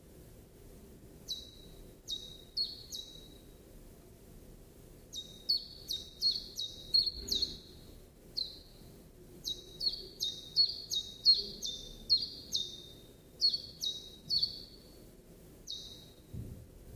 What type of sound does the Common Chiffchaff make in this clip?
song